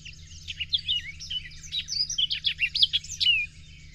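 Bird song: a continuous jumble of chirps, twitters and sliding whistles for about three seconds, then stopping, with a faint low hum.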